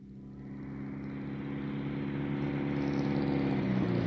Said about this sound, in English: And that's a car. The car is in the garage.